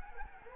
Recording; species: mosquito wingbeat signal from an infrared sensor; Anopheles gambiae